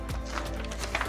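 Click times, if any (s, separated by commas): none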